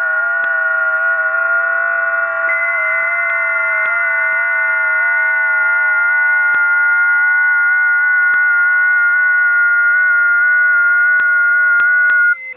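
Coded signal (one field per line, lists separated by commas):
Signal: FT8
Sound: several overlapping warbling tones held for about 13 seconds, with occasional clicks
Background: radio static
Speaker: I tuned to 10 meters FT8. Here are the results. They are mainly amateurs from Europe. I also see a few stations from Brazil.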